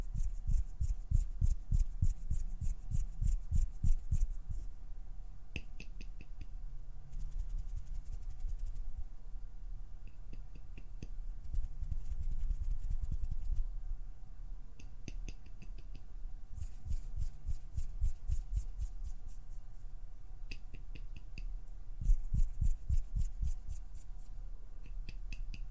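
Quick bursts of plucking and fluttering fingers, rapid clicky taps that run across highs and lows in clusters. The densest runs come near the start, around 12 seconds, 17 seconds and 22 seconds, with quieter scattered picks between and a faint steady hum underneath.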